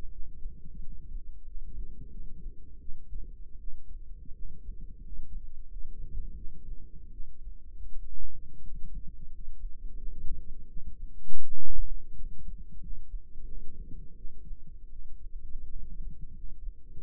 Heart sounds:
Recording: heart sounds by microphone in the right ear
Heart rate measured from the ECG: 85 bpm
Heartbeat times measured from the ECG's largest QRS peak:
0.07 s: heartbeat
0.77 s: heartbeat
1.41 s: heartbeat
2.07 s: heartbeat
2.76 s: heartbeat
3.56 s: heartbeat
4.30 s: heartbeat
4.98 s: heartbeat
5.64 s: heartbeat
6.33 s: heartbeat
7.08 s: heartbeat
7.85 s: heartbeat
8.59 s: heartbeat
9.27 s: heartbeat
9.94 s: heartbeat
10.65 s: heartbeat
11.39 s: heartbeat
12.11 s: heartbeat
12.77 s: heartbeat
13.43 s: heartbeat
14.13 s: heartbeat
14.87 s: heartbeat
15.62 s: heartbeat
16.30 s: heartbeat
16.96 s: heartbeat
From the record:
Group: healthy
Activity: rest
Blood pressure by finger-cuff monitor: 116/67 mmHg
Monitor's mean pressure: 85 mmHg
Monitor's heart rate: 85 bpm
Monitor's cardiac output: 7.2 L/min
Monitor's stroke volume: 83 mL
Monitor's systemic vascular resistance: 880 dyn s/cm5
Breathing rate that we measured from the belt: 16 breaths a minute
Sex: female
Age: 26 years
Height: 165 cm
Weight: 55 kg

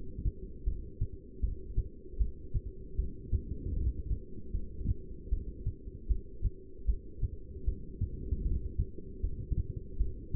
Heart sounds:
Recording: heart sounds by stethoscope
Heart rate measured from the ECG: 77 bpm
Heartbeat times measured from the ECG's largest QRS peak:
0.65 s: heartbeat
1.41 s: heartbeat
2.19 s: heartbeat
2.97 s: heartbeat
3.75 s: heartbeat
4.53 s: heartbeat
5.31 s: heartbeat
6.08 s: heartbeat
6.87 s: heartbeat
7.66 s: heartbeat
8.44 s: heartbeat
9.22 s: heartbeat
9.98 s: heartbeat
From the record:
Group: heart failure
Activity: rest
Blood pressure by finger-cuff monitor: 165/100 mmHg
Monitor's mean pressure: 124 mmHg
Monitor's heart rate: 77 bpm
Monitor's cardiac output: 8.3 L/min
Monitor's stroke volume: 108 mL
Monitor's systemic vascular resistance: 1120 dyn s/cm5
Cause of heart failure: non-ischemic cardiomyopathy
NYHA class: 1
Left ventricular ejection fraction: 62%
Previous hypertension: present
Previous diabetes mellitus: present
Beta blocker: bisoprolol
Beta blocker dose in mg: 10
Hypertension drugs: sacubitril-valsartan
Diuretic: furosemide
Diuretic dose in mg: 20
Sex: male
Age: 49 years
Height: 167 cm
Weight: 110 kg

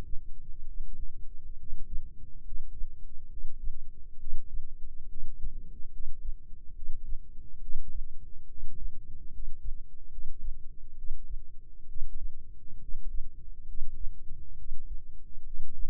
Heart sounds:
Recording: heart sounds by microphone in the left ear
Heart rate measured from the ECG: 69 bpm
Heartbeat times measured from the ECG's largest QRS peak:
0.62 s: heartbeat
1.55 s: heartbeat
2.41 s: heartbeat
3.26 s: heartbeat
4.16 s: heartbeat
5.06 s: heartbeat
5.89 s: heartbeat
6.72 s: heartbeat
7.58 s: heartbeat
8.45 s: heartbeat
9.28 s: heartbeat
10.08 s: heartbeat
10.93 s: heartbeat
11.84 s: heartbeat
12.78 s: heartbeat
13.64 s: heartbeat
14.54 s: heartbeat
15.42 s: heartbeat
From the record:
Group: healthy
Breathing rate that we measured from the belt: 17 breaths a minute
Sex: female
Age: 22 years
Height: 154 cm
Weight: 58.7 kg

